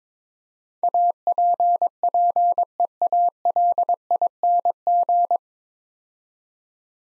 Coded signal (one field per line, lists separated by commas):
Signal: Morse code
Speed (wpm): 22 wpm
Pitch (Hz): 700 Hz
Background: none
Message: APPEALING